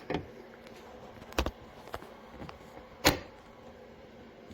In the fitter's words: Alright, you'll hear that click.